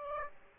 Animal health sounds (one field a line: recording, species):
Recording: mosquito wingbeat signal from an infrared sensor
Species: Aedes aegypti